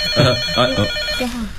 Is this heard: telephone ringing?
yes